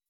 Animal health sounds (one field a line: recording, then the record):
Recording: hydrophone in a shrimp aquaculture tank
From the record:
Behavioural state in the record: weakened